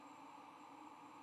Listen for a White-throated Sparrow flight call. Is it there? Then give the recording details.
no. No flight call is heard. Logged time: 22:55 on 8 November 2014